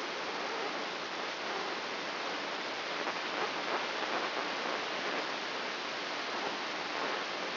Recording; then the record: brain microelectrode recording played as sound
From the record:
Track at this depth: outside the subthalamic nucleus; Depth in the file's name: 9.104 mm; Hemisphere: left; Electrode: 3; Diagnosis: Parkinson's disease